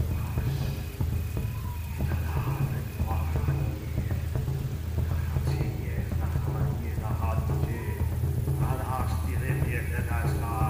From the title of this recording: lost in the dark village Asmr ambience